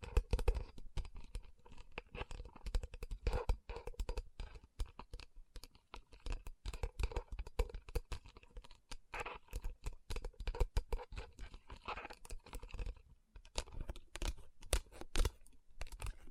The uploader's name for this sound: Tapping & Rubbing Rhinestone Covered Palms